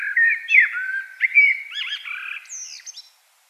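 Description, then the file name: Common blackbird song, a run of low fluted warbling phrases that ends in a thin, high, squeaky twitter. "Turdus merula"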